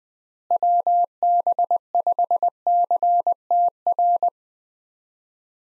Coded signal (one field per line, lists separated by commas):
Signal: Morse code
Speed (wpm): 21 wpm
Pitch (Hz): 700 Hz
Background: none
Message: WB5CTR